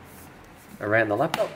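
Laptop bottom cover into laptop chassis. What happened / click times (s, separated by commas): The cover is being handled and has not clicked into place yet / none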